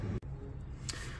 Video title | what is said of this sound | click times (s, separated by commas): Jaguar XK XKR (X150) Mass Air Flow Sensor - How to replace - Engine Diagnostic Fault Code. | you'll know if it's on right cuz it'll click into place | 0.9 s